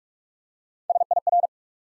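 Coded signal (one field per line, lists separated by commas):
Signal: Morse code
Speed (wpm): 44 wpm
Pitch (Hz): 700 Hz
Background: none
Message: S I R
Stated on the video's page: Morse practice at 45 wpm building three-letter words one letter at a time, for instant character recognition.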